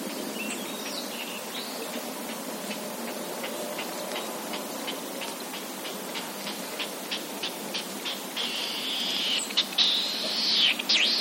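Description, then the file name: Latham's snipe calling in a series of short ticking notes, then a loud rushing, buzzy sweep takes over at the end, against constant background hiss. "ojisigi"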